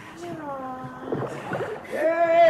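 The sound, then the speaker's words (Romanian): Water sloshes and splashes as a rowboat carrying a king and a duke approaches, with voices calling out over it and growing louder toward the end. “Vine spre noi o barcă în care sunt regele și ducele.”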